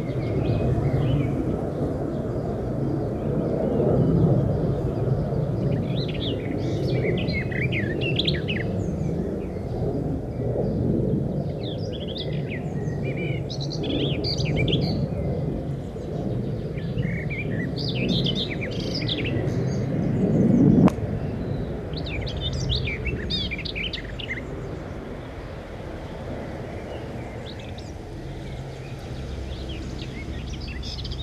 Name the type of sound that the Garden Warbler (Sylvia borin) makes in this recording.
song